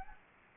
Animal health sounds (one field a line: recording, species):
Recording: mosquito wingbeat signal from an infrared sensor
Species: Anopheles gambiae